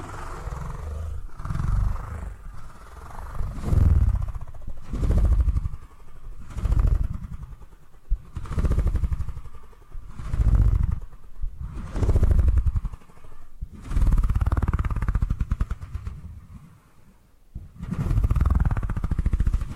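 Purring sounds in a steady rhythm of low, rumbling pulses, each lasting about a second and repeating roughly every one and a half seconds across the twenty seconds. Each pulse swells and fades with a soft breathy hiss on top, and a brief gap falls near seventeen seconds.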